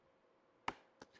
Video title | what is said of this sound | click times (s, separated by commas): Beekeeping: How's This Package Doing At Day 16? | Let me show you. You'll hear the snap. | 0.7 s